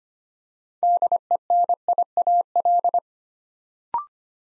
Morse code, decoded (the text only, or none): DENIAL